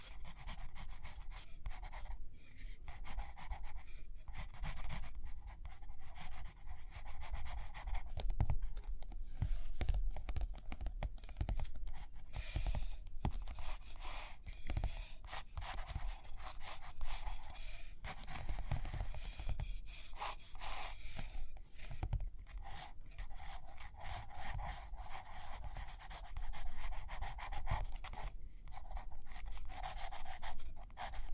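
Paper pages turn and rustle while a pen or pencil scratches and taps across a surface. The sound is dense and busy throughout, with frequent short scraping strokes and brief pauses, plus low soft thumps from handling underneath.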